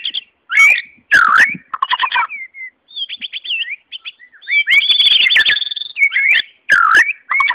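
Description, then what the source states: White-rumped shama song, a rich varied run of whistled notes, rapid trills and sharp clicky bursts with brief pauses between phrases. Wild bird singing in forest; natural song.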